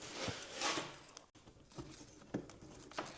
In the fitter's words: Nu šiaip va įsistatė viską ir užsifiksavo.